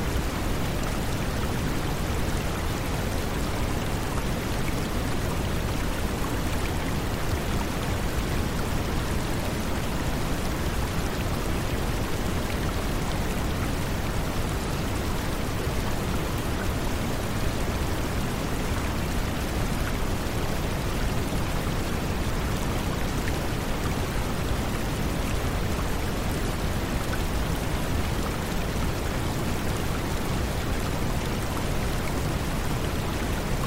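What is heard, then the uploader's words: A dense, steady wash of deep noise blends with rushing water, heaviest in the low end with a softer hiss above. The level holds constant for the whole stretch, with no separate events, like continuous rain or a stream running without pause. Deep Brown Noise, Relaxing White Noise & Water Sounds. The river's melody intertwines with the synthesized soundscape, each ripple and gurgle harmonizing with the brown and white noise.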